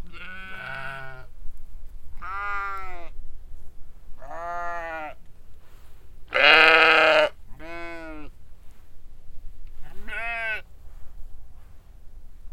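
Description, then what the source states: Sheep bleating, a series of loud wavering baas every one to three seconds, with wind rumbling underneath. Big flock on a windy hill pasture at Hupperdange, baaing at a stranger on the road.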